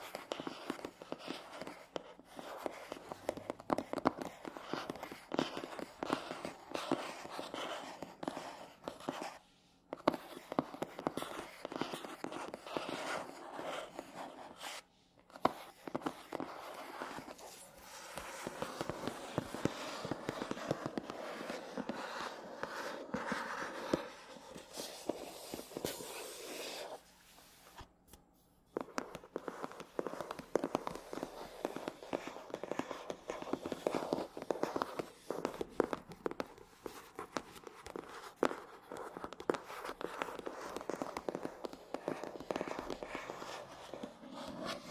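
Dense, fast scratchy tapping on matte surfaces, crisp, running steadily with brief silent gaps near 10, 15 and 28 seconds.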